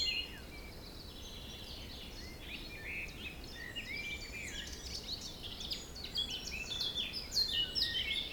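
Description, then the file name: Birds singing at moderate strength, short whistled and chirped phrases from several birds, growing livelier toward the end, over a low steady background rumble. Forest in spring, windy at force 3 on the Beaufort scale, recorded at 1 pm. "Forest Spring Birds Windy 3 bft 1 pm"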